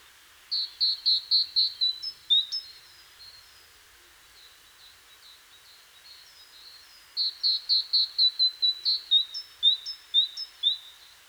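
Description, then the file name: Great tit call series: rapid clear high notes, a quiet faint patch, then a longer burst of quick bright notes ending in thin slurred notes. "Parus major"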